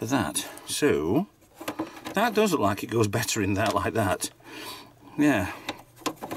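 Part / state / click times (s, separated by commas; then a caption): front button circuit board into console front housing / seated / 6.1 s. Someone talks while refitting the front power/eject button circuit board of an Xbox One game console into its plastic front housing after a re-seating attempt. At 6.1 s the board snaps home with one sharp click, seating in place.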